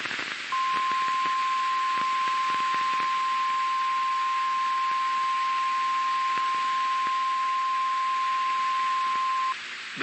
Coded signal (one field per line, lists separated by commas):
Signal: Emergency Alert System (SAME) tones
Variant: 1050 Hz attention tone